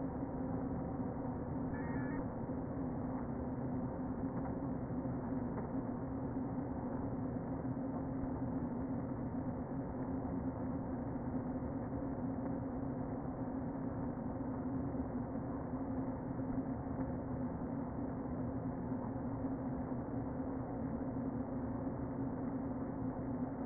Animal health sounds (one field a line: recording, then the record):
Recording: honeybee colony, microphone inside the hive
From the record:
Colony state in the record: queen present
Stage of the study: before two queens were removed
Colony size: about 60,000 bees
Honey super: yes